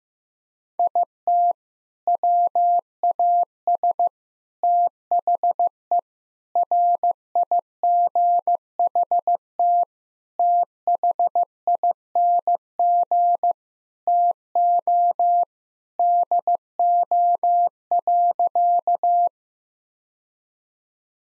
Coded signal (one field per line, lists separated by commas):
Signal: Morse code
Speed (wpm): 15 wpm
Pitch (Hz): 700 Hz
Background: none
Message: IT WAS THE RIGHT THING TO DO.